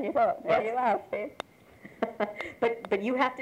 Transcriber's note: laughs